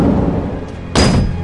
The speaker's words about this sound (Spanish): Bernet intenta cerrar el portón, pero la hoja choca contra el casquillo